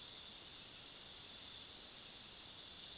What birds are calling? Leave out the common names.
none